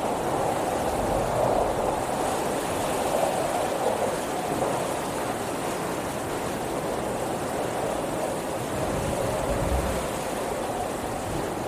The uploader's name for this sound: Windy Storm White Noise